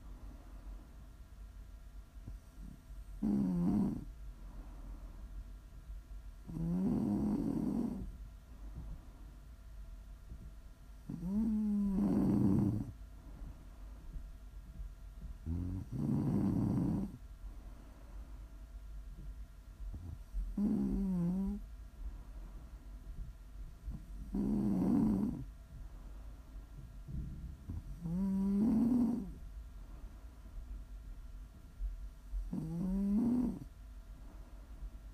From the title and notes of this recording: Please enjoy some prime ASMR snoring.